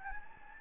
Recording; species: mosquito wingbeat signal from an infrared sensor; Anopheles gambiae